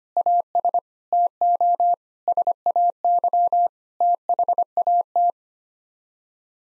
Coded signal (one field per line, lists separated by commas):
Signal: Morse code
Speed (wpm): 25 wpm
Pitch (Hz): 700 Hz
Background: none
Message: AS TO SAY THAT